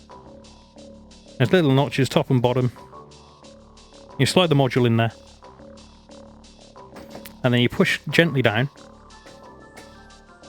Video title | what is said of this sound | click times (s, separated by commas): Stream VOD: Alienware Area-51 AAT2250 Teardown And Reassembly | until you hear both sides click. That bottom one wasn't clicked in properly. | 7.3 s